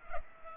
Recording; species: mosquito wingbeat signal from an infrared sensor; Culex pipiens